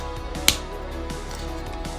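A plastic tread tab on a Hasbro Transformers Age of the Primes Voyager Class Brawl action figure is pressed into its slot on the tank body to finish the transformation. A single sharp click sounds at 0.5 s over steady background music, and the tread tab seats.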